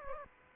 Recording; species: mosquito wingbeat signal from an infrared sensor; Aedes aegypti